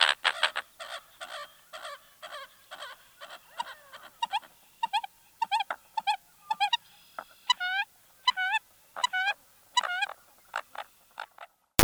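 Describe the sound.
American coot calls: a rapid series of short notes, later shifting to hooked, upslurred calls, ending with a sudden loud click.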